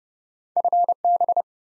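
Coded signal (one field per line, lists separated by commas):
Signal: Morse code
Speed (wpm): 32 wpm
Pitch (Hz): 700 Hz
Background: none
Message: FB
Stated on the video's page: Morse practice of QSO elements at 30 wpm for head-copy, each element sent in code, then spoken, then sent again.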